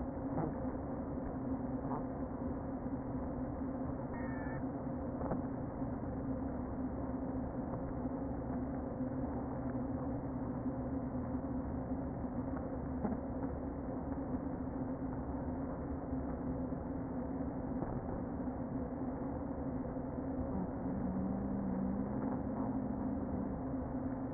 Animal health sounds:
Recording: honeybee colony, microphone inside the hive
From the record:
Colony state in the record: queen present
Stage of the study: before two queens were removed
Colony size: about 60,000 bees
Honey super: yes

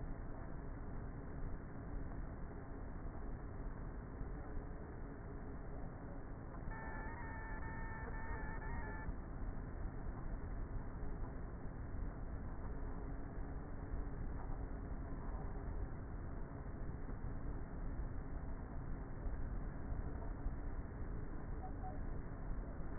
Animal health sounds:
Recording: honeybee colony, microphone inside the hive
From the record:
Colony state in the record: queenless with a low population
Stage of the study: before two queens were removed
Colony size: about 30,000 bees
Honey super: no

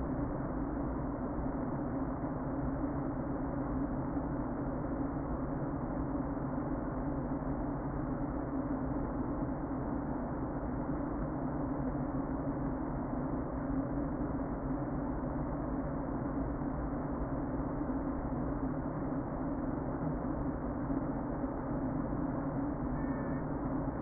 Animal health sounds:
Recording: honeybee colony, microphone inside the hive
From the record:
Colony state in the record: queen present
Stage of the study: before two queens were removed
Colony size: about 60,000 bees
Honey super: yes

